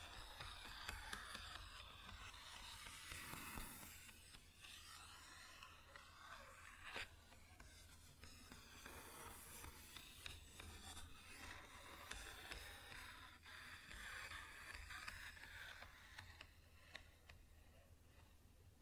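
Fingers tap and scratch across a wooden surface in a dense, continuous rustle with sharp clicks, over a steady low hum throughout.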